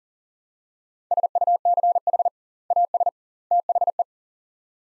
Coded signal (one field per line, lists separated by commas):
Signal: Morse code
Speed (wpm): 40 wpm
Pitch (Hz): 700 Hz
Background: none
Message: SUCH AS THE